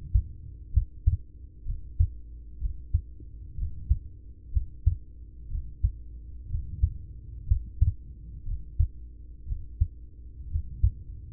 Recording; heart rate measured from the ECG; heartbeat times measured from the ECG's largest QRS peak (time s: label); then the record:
heart sounds by stethoscope; 61 bpm
0.70 s: heartbeat
1.63 s: heartbeat
2.58 s: heartbeat
3.54 s: heartbeat
4.50 s: heartbeat
5.47 s: heartbeat
6.46 s: heartbeat
7.44 s: heartbeat
8.43 s: heartbeat
9.44 s: heartbeat
10.47 s: heartbeat
From the record:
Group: heart failure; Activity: rest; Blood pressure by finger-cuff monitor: 90/50 mmHg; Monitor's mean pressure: 64 mmHg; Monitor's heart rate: 63 bpm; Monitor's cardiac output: 5.8 L/min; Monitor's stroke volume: 92 mL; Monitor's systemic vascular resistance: 780 dyn s/cm5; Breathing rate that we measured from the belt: 17 breaths a minute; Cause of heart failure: ischemic heart disease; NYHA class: 1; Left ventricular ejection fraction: 33%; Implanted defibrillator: present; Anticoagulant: apixaban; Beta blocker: carvedilol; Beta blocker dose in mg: 18.75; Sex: male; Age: 39 years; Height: 168 cm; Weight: 72 kg